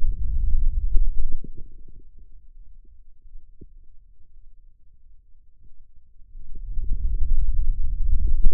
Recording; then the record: forearm muscle sounds (acoustic myography)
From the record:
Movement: wrist extension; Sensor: system 2, bracelet of six BSWA MPA416 microphones around the upper forearm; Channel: 1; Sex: male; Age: 22 years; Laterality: right